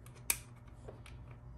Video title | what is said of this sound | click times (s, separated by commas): See inside anything with a Vevor Articulating 360 #borescope #newtools #amazonfinds #how2wrench | here that click | 0.3 s